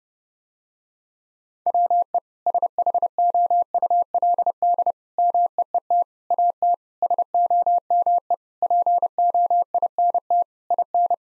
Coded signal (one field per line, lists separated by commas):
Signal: Morse code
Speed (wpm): 30 wpm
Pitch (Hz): 700 Hz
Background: none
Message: WE SHOULD MEET AT SOME POINT IN